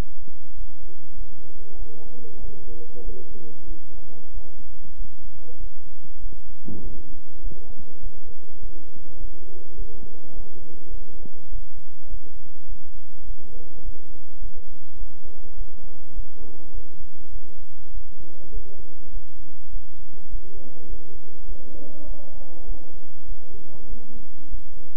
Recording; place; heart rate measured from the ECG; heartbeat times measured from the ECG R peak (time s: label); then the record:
heart sounds by stethoscope; between the tricuspid and mitral areas; 100 bpm
0.54 s: heartbeat
1.15 s: heartbeat
1.77 s: heartbeat
2.39 s: heartbeat
3.02 s: heartbeat
3.66 s: heartbeat
4.32 s: heartbeat
4.96 s: heartbeat
5.58 s: heartbeat
6.20 s: heartbeat
6.81 s: heartbeat
7.41 s: heartbeat
8.01 s: heartbeat
8.60 s: heartbeat
9.18 s: heartbeat
9.76 s: heartbeat
10.34 s: heartbeat
10.88 s: heartbeat
11.50 s: heartbeat
12.08 s: heartbeat
12.67 s: heartbeat
13.25 s: heartbeat
13.83 s: heartbeat
14.40 s: heartbeat
14.97 s: heartbeat
15.56 s: heartbeat
16.14 s: heartbeat
16.72 s: heartbeat
17.30 s: heartbeat
17.92 s: heartbeat
18.52 s: heartbeat
19.11 s: heartbeat
19.71 s: heartbeat
20.29 s: heartbeat
20.88 s: heartbeat
21.46 s: heartbeat
22.06 s: heartbeat
22.66 s: heartbeat
23.26 s: heartbeat
23.88 s: heartbeat
24.49 s: heartbeat
From the record:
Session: bicycle stress test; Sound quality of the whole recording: good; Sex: male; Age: 26 years